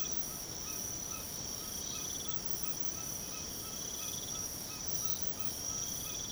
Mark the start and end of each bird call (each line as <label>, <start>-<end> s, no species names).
bird call, 0.00-6.31 s